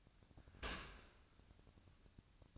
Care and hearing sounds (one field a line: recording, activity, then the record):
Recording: daily activity, microphone in the room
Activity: open dishwasher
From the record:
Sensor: 2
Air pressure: 1003.0 hPa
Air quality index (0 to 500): 198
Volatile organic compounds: 6 ppm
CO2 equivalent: 1883 ppm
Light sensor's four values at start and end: 15/37/16/17 and 15/37/16/17